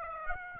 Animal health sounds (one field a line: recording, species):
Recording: mosquito wingbeat signal from an infrared sensor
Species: Aedes aegypti